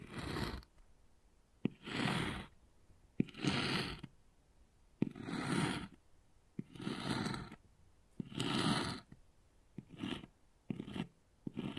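Wood carving: rough scraping strokes, each about a second long, repeat at a fairly regular pace, with a sharp tap or knock at the start of several strokes. Toward the end the scratches grow shorter and quicker, with quiet gaps between them.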